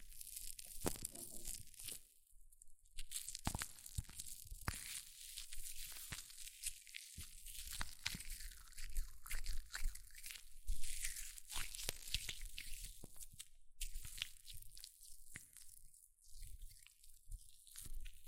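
Hair mousse fizzes and crackles in dense, irregular bursts of bright hissing and popping, with sharper crunchy snaps scattered throughout the eighteen seconds.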